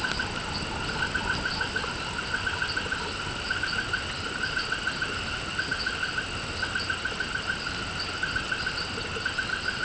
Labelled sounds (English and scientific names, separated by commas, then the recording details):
none
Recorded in pastures near Puerto Asís, Putumayo, Colombia, on 24 March 2025 at 18:30
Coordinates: 0.472, -76.329
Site G074